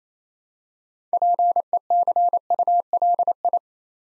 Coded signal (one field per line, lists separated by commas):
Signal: Morse code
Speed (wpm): 27 wpm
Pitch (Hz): 700 Hz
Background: none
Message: PECULI